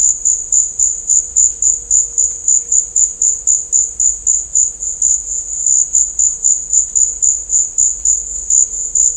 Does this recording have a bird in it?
no